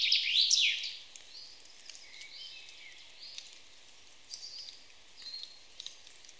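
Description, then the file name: Common chaffinch song ending, a quick flourish at the start, then faint scattered chirps. "Fringilla coelebs"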